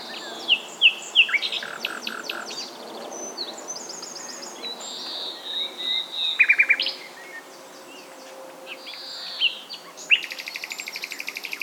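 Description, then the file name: Common nightingale song: varied high phrases of sharp notes, brief rattles and a pure whistle, ending in a fast, even trill around ten seconds. "Luscinia megarhynchos"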